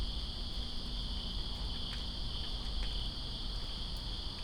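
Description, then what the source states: Crickets trill steadily in a high chorus while rain falls, with a few distinct drop ticks. Crickets calling during rain in Greensboro on 2 September 2017.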